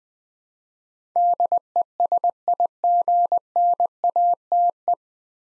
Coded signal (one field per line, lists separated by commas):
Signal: Morse code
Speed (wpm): 20 wpm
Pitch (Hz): 700 Hz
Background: none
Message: DESIGNATE